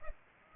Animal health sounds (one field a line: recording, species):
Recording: mosquito wingbeat signal from an infrared sensor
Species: Culex pipiens